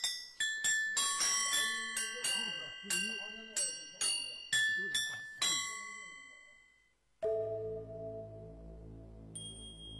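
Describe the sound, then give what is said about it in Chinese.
Yunluo cloud gongs of a traditional Buddhist music ensemble from Baimiao Village are struck in a quick, uneven run of a dozen or so bright, ringing metallic notes at shifting pitches. A lower, steadier tone takes over after a short pause. “这是笛子，这叫云锣。”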